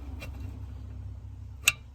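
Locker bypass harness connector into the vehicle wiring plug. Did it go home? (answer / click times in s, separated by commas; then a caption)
yes / 1.7 s. A plastic rear locker bypass harness connector on a 2010 Nissan Frontier is pushed into its mating vehicle wiring plug, over a steady low hum with a faint tick near 0.2 s. A single sharp, bright snap at 1.7 s shows the connector has seated.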